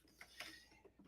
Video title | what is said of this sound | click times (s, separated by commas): Shower Chair Review - U-Shape Shower Chair | you unfold and it will click into place using the buttons or what they call the marbles | 0.2 s, 0.4 s